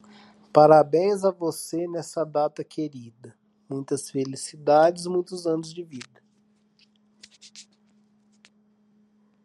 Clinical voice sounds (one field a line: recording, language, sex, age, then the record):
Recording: short text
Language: Brazilian Portuguese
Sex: male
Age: 40 to 49 years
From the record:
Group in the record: control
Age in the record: 47 years